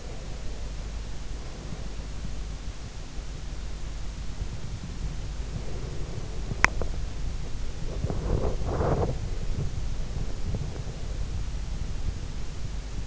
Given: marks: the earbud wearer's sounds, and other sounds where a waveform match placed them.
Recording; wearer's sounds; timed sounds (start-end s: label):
sounds in sleep by an in-ear microphone; breath, teeth grinding, body movement
0.00-2.37 s: breath
4.54-6.88 s: breath
6.40-6.85 s: teeth grinding
7.84-13.07 s: body movement